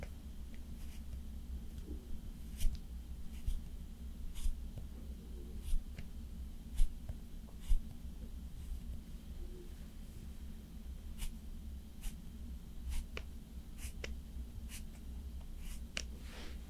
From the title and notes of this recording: ASMR Slowly Doing Your Makeup with Personal Attention (No Talking).